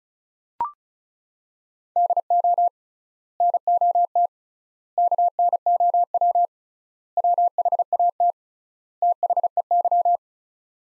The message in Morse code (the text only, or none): DO NOT KNOW WHAT THEY